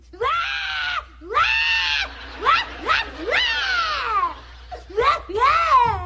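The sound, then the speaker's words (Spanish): A woman crying loudly in a series of long, high-pitched wailing sobs, each rising and falling in pitch with a strained, almost bleating quality, separated by short gasping pauses. “¿Pero por qué estás llorando, mija?”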